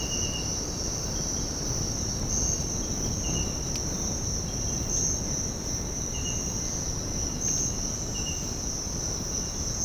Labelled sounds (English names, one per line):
none